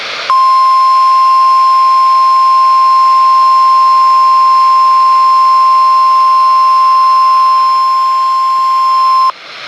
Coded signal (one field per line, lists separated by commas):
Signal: Emergency Alert System (SAME) tones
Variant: 1050 Hz attention tone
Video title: WNG575 Required Weekly Test (EAS #1,683) 11/15/17